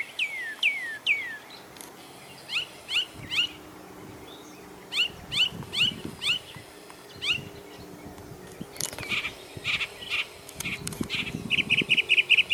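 Bird calls of clear downslurred whistles given singly or in short groups, with scattered clicks and rustling noise, then a fast high trill near the end.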